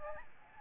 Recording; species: mosquito wingbeat signal from an infrared sensor; Aedes albopictus